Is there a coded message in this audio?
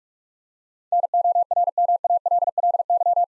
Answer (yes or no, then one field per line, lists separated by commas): yes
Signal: Morse code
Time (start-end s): 0.9-3.2 s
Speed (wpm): 44 wpm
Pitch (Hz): 700 Hz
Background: none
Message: NORMALLY